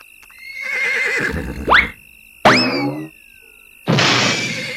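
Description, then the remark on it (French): A horse whinnies in two shrill, sliding cries, one sweeping upward, the next falling away, set between bursts of rough, scuffling noise like a tumble and thump as its sleeping rider is thrown off. No one speaks. “C'est étrange que le cheval ne l'ait pas encore désarçonné.”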